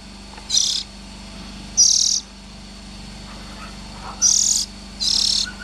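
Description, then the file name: Oriental magpie-robin giving a few scattered scratchy rasps, two early and two late, with quiet pauses and a low hum between. Young birds. "Tieng chim chich choe than non"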